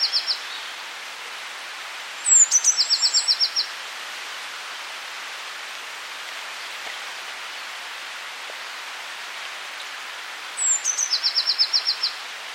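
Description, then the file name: Eurasian blue tit song: two phrases about eight seconds apart, each a thin high whistle then a rapid, even trill of many short notes. "Cyanistes caeruleus"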